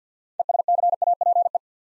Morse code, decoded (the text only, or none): ESCAPE